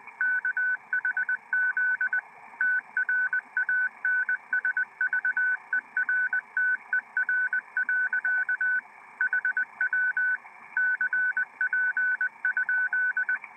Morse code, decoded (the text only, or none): KHZ TRANSVERTER. HW CP?